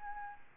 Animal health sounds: mosquito wingbeat signal from an infrared sensor; Aedes albopictus

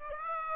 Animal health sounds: mosquito wingbeat signal from an infrared sensor; Aedes aegypti

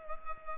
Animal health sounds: mosquito wingbeat signal from an infrared sensor; Culex pipiens

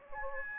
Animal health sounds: mosquito wingbeat signal from an infrared sensor; Anopheles gambiae

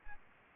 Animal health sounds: mosquito wingbeat signal from an infrared sensor; Aedes albopictus

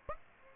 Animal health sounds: mosquito wingbeat signal from an infrared sensor; Aedes aegypti

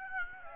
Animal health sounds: mosquito wingbeat signal from an infrared sensor; Aedes aegypti

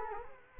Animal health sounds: mosquito wingbeat signal from an infrared sensor; Culex quinquefasciatus

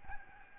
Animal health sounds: mosquito wingbeat signal from an infrared sensor; Aedes albopictus

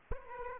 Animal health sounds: mosquito wingbeat signal from an infrared sensor; Aedes aegypti

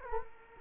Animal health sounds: mosquito wingbeat signal from an infrared sensor; Culex quinquefasciatus

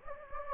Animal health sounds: mosquito wingbeat signal from an infrared sensor; Anopheles gambiae

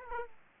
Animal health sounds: mosquito wingbeat signal from an infrared sensor; Aedes aegypti

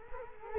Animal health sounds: mosquito wingbeat signal from an infrared sensor; Culex quinquefasciatus

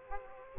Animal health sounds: mosquito wingbeat signal from an infrared sensor; Aedes aegypti

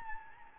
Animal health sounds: mosquito wingbeat signal from an infrared sensor; Anopheles gambiae

